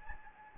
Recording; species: mosquito wingbeat signal from an infrared sensor; Anopheles gambiae